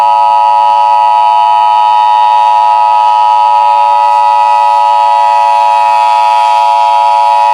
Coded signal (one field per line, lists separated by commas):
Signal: Emergency Alert System (SAME) tones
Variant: 853 and 960 Hz attention tone